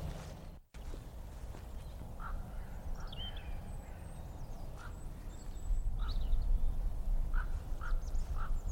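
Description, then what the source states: Common Raven calling with short, hollow croaks repeated irregularly, several toward the end. Ravens calling near Raglan Castle, Monmouthshire, in January, on a winter walk across farmland with a mist-filled valley.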